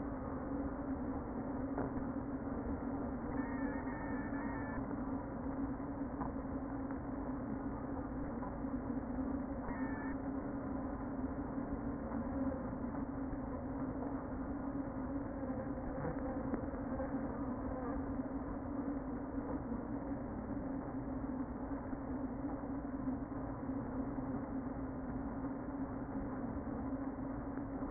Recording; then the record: honeybee colony, microphone inside the hive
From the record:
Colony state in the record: queen present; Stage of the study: before two queens were removed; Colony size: about 60,000 bees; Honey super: yes